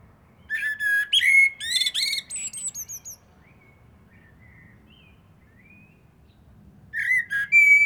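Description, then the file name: Common blackbird singing fluting, whistled phrases followed by thin, high twittering; a second phrase begins near the end. "Turdus merula"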